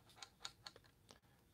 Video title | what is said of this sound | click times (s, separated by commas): Pickup Lumberjack Day 8 - Wooden Model Build - Ugears 70171 - Just Rest Your Eyes (JRYE#33) | don't think it's on. We definitely didn't get a click. | none